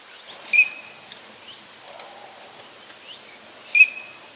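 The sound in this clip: Bird giving two sharp whistled call notes about three seconds apart, with faint soft chirps in between.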